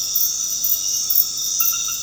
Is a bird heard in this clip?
no